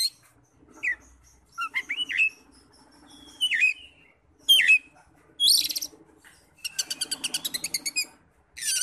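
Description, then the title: Oriental magpie-robin song mixing clear whistled slurs, brief harsh bursts and a rapid rattling trill near the end, the phrases separated by short pauses. "Kacer"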